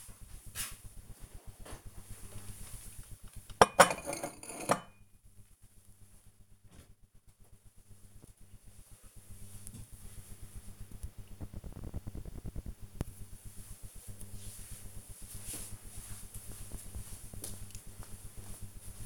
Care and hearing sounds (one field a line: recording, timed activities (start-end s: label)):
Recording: household activities, microphone on the right wrist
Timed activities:
0.00-7.28 s: putting away the dishes